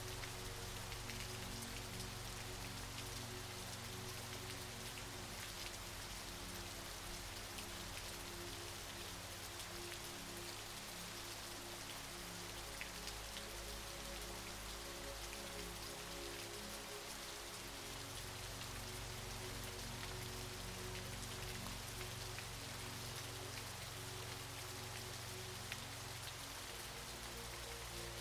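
A murmuring waterfall pours steadily throughout, a dense, even hiss of falling water with no pauses. Beneath it, soft low sustained tones hold steady, shifting slightly around the middle and again near the end, blending quietly into the water's rush.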